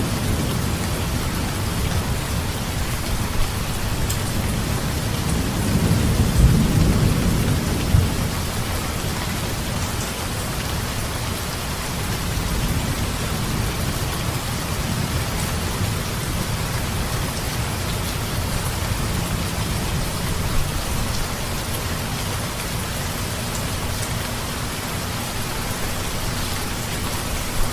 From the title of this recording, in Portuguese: Som de Chuva com Trovoadas